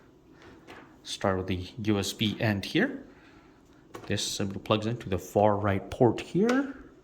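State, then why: Not seated. The USB end of a cable is handled at the far-right port of a receipt printer while someone talks. Only faint handling noises are heard under the speech, and nothing has seated or clicked into the port yet.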